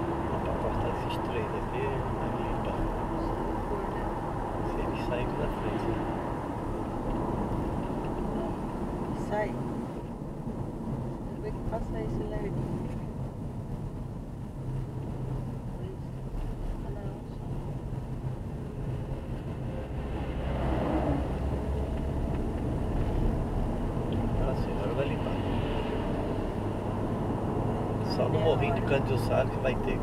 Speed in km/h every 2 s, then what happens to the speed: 95, 88, 81, 65, 54, 45, 40, 39, 37, 37, 42, 52, 60, 65, 67.
0-12 brakes to 40. 12-19 steady at about 37. 19-30 speeds up to 67.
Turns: none.